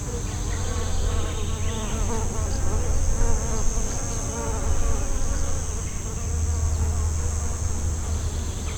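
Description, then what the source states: Bees give a dense, unbroken buzzing drone that swells and fades slightly, with a faint high ringing tone throughout. Montignac, Rue du Calvaire.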